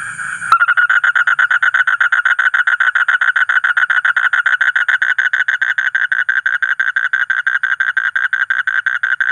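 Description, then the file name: Asian common toad begins after a brief click, then gives a steady, fast train of harsh pulses. "suara kodok bangkong kolong kodok buduk"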